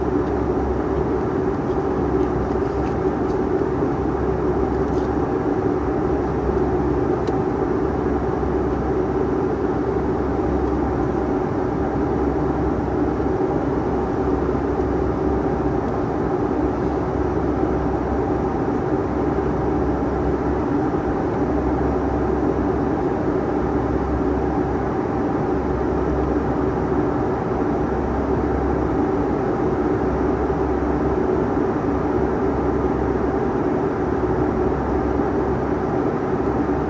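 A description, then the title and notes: A steady, dense engine roar fills an airliner cabin, heaviest in the low and middle range with a constant hum and a faint high whine. The level stays even throughout, with a low throbbing pulse underneath and a few small clicks near the start. FULL FLIGHT - Boeing 757 Frankfurt to Palma (Condor) - WHITE NOISE.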